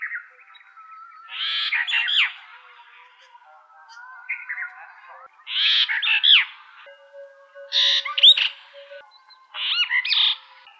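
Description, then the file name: Brahminy starling giving repeated bursts of squeaky, gurgling phrases with slurred whistles, every two to four seconds, with faint warbling in the gaps. "jalak brahmini"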